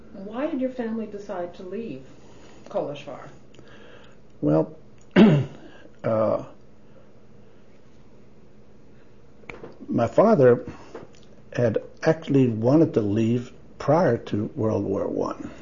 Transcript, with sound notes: Why did your family decide to leave-- Kolozsvar?
Well, (clears throat) uh--my father--had actually wanted to leave prior to World War One,